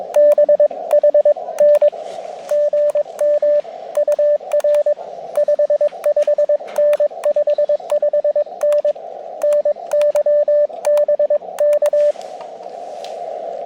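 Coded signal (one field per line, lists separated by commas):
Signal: Morse code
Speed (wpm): 22 wpm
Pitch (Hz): 590 Hz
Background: radio noise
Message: BHN GM UR 55N 55N NY BK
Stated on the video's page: Summits on the Air activation from Overlook Mountain using a KX2 and AX1 antenna at low power; good band conditions, steady stream of calls.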